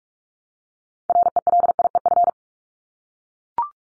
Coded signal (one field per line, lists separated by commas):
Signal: Morse code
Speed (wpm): 44 wpm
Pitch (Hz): 700 Hz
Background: none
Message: RELIEF